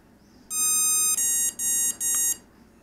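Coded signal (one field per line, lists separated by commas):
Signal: beep code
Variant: BLHeli ESC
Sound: one long electronic tone, then three short lower-pitched beeps in quick succession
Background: quiet room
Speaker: one beep for normal rotation two beeps for reverse and I don't know what three beeps is so normal reverse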